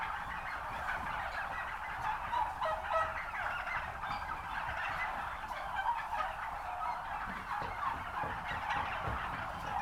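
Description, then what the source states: Turkey gobbles merge into an unbroken flock din, pulsing slightly louder and softer throughout. Recorded at a turkey farm.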